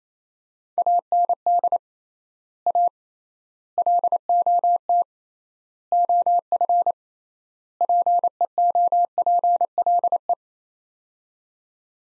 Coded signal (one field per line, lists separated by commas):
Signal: Morse code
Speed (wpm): 28 wpm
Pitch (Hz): 700 Hz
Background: none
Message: AND A LOT OF PEOPLE